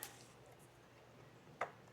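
A motorcycle oil filter cover with a new O-ring is pressed into the engine case of a Scrambler 400X after sitting not fully in at first. A faint tick at the start is followed by quiet handling, then a distinct thunk at 1.6 s as the cover seats fully home.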